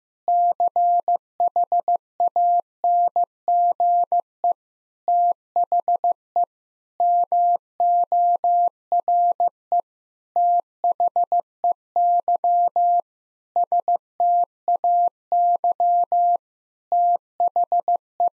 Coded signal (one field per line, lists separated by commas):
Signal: Morse code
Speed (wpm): 14 wpm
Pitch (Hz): 700 Hz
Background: none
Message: CHANGE THE MORE THEY STAY THE